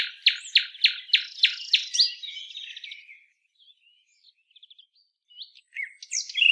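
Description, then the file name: Common nightingale song: six loud, evenly spaced sweeping notes, a harsh rattle, then quiet scattered clicks and a few sharp notes at the end. "Luscinia megarhynchos"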